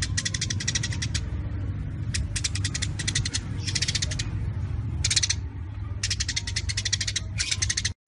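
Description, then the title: Eurasian tree sparrow delivering quick bursts of dense, raspy chatter, some short and some longer, against a continuous low hum, with a brief silence near the end. Sparrow in full voice ('gacor'), chattering rapidly and densely ('nyecret'); used as training audio for murai batu, cucak ijo and other birds. "Burung Gereja Gacor Nyecret Rapat !!! Masteran Burung Murai Batu Medan, Cucak Ijo Dll."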